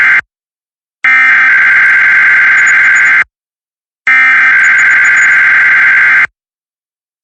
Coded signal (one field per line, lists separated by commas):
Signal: Emergency Alert System (SAME) tones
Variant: header bursts